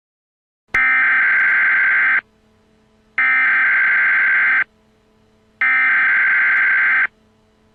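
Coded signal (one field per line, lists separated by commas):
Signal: Emergency Alert System (SAME) tones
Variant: header bursts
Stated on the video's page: Fake EAS alert made as a prank.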